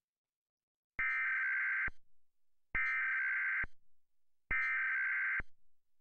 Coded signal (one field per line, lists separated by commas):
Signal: Emergency Alert System (SAME) tones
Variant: header bursts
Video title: EAS Mock - recreation of National Periodic Test in 2020